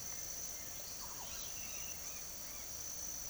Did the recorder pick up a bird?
yes